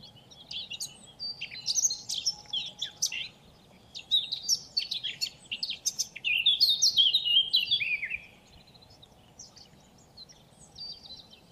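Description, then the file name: Eurasian blackcap song: short bursts of scratchy, high warbling, then a louder fluty, jumbled phrase that stops abruptly near eight seconds, followed by only faint sound. "Sylvia atricapilla"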